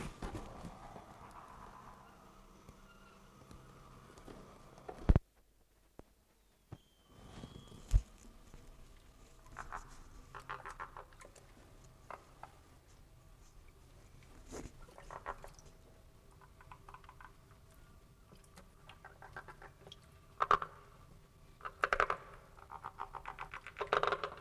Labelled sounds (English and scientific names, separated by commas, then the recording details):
Edible Frog (Pelophylax esculentus) call
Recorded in captivity
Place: Zoologisches Institut der HUB, Berlin, DE
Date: 1959-01-02 16:30
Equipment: Reporter, Vollspur
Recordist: Tembrock, Günter